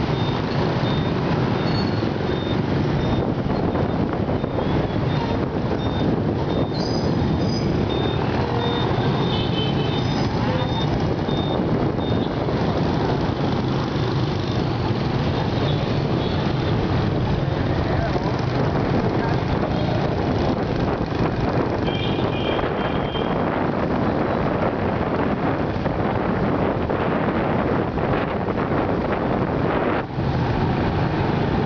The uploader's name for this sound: Motorbike ride in Saigon/HCMC